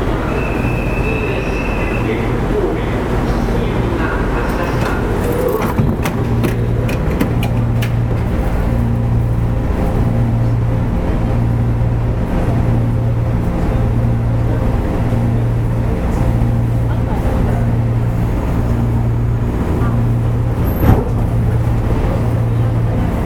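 Inside an electric local train under way, a steady low rumble fills the car. From about six seconds a low hum pulses on and off at a regular beat, with a cluster of wheel clicks near six to eight seconds and a sharp knock near twenty-one.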